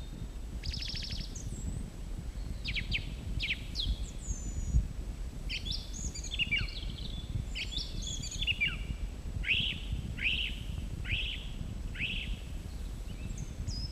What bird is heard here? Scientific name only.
Turdus philomelos